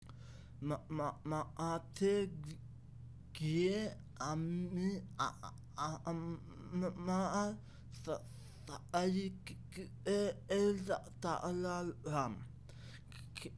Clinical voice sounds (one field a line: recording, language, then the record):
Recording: elicited speech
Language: Bengali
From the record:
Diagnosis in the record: Broca's or global aphasia after a stroke